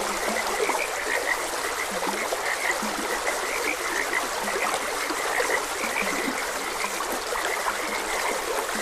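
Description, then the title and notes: A chorus of frogs gives many quick, clipped croaks, mixed with the steady splash and hiss of a stream. Frogs croaking beside a gentle stream, as ambient nature sound. "Gentle Stream and Frogs Croaking. Sleep and Relaxation Podcast"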